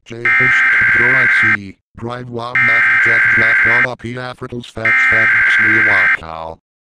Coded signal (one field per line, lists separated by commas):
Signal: Emergency Alert System (SAME) tones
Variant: header bursts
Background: speech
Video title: *EAS Classic: The EAS Interrupts Microsoft Sam Reads Computer Errors (Editing Outtake)